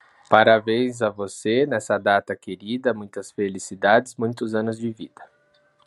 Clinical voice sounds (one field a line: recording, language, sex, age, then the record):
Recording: short text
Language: Brazilian Portuguese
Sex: male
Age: 30 to 39 years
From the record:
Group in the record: control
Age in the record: 38 years